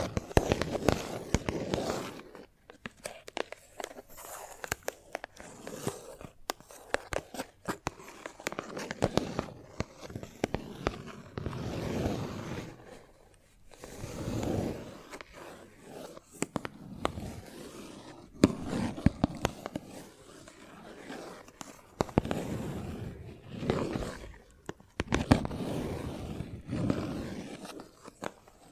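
Chalk being tapped, scratched and carved, with dense bursts of gritty crunching and scraping broken by frequent sharp ticks. The activity comes in uneven clusters, with short quiet gaps near 3, 13 and 22 seconds, and the scraping runs from low rasp to bright hiss.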